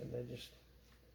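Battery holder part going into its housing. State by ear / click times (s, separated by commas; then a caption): not seated / none. A battery holder part is hooked over a small lip and handled before being pressed back into its housing, while someone talks briefly at the start. A faint rustle of handling follows and the clip goes quiet; nothing has seated or clicked yet.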